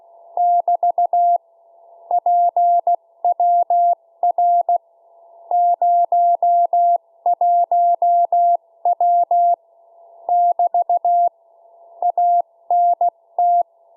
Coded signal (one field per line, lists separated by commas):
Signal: Morse code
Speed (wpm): 16 wpm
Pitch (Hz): 700 Hz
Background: none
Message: <BT> PWR 01W <BT> ANT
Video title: 2019_08_11 Z33T Beacon 144 MHz 0 1W